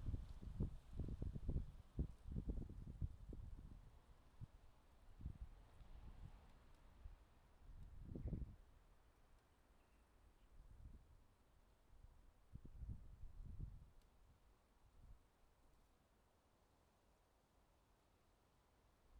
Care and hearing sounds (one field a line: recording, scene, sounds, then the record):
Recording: everyday scene through a hearing-aid microphone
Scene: wind on the microphone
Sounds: wind, traffic, birds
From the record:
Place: suburban garden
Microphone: in the ear canal, left